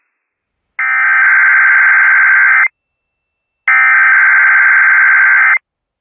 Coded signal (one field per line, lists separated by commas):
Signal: Emergency Alert System (SAME) tones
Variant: header bursts